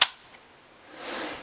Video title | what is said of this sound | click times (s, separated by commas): HMN - Upgrade RAM & HDD (Acer Aspire V3 771G) | should just slide right in there and you can push down until you hear a click noise | 0.0 s